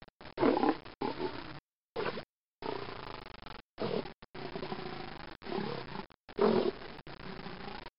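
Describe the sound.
Lion roaring in deep, rough growls and grunts, delivered in choppy bursts broken by abrupt silent gaps, with a muffled, narrow sound.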